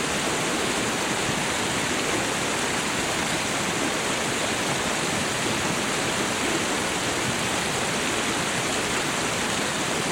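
A waterfall pours without pause into a river, a dense, even rush of water that never rises or falls over the ten seconds. The sound is close and full, with a bright hiss over a softer low churn, and nothing else breaks through.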